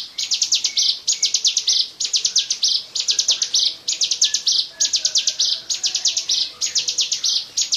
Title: Suara Burung Ciblek